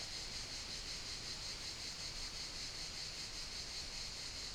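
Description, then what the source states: Continuous cricket chirping forms a high pulsing band over steady wind noise in the trees. Crickets chirping continuously in an apple-growing area at Riu Mort, Alt Empordà, Girona, with the Tramuntana wind moving through gigantic trees.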